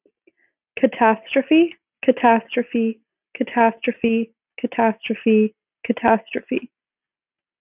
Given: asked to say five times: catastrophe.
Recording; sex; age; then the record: repeated word; female; 20 to 29 years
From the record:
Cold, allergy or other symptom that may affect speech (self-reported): no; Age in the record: 24 years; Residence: Massachusetts, United States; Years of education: 16